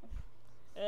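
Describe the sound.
A single sneeze bursts out at the end, a sharp, breathy, voiced explosion that rises quickly in loudness after a brief low thump and a quiet stretch.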